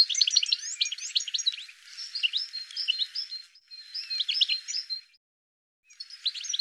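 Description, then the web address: Bird chirping: busy high twitters with a few drawn-out whistled notes, easing off and then falling silent before a final short burst. "cianscape birddata Deverinetal 2025 File cleaned normalized Bird"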